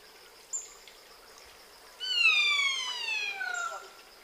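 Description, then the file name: Common hill myna uttering one long harmonic whistle that starts high and glides steadily downward for about two seconds, preceded by a brief thin high note. "Gracula religiosa"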